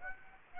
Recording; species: mosquito wingbeat signal from an infrared sensor; Aedes aegypti